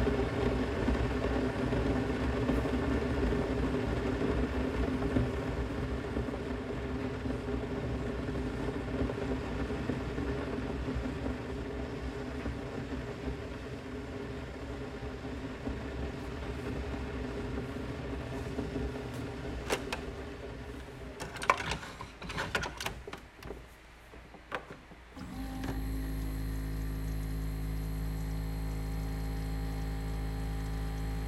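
Tea being made: a low kettle-like rumble, sharp clinks and clatter near twenty seconds, then a steady droning hum from twenty-five seconds.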